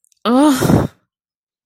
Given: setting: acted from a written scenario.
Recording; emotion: vocal sound without words; disgust